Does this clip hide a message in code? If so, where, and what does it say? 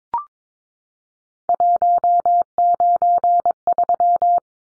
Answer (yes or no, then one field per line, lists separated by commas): yes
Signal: Morse code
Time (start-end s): 1.5-4.4 s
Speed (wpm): 22 wpm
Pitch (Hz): 700 Hz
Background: none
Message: 193